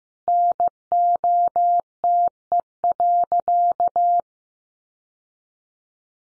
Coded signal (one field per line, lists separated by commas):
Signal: Morse code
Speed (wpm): 15 wpm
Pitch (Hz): 700 Hz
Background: none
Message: NOTE.